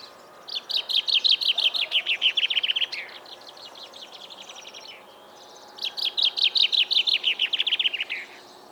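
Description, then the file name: Common chaffinch song: two bright, descending rattling trills, each about two and a half seconds long and ending in a brief flourish, with fainter high notes in between. "Fringilla coelebs"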